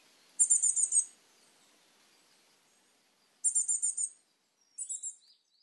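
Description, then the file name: Coal tit giving three bursts of very high, rapid trilled notes, separated by quiet pauses of over two seconds and then under a second. Recorded in Osado, Japan, on 18 June 2014. "higaraj osado"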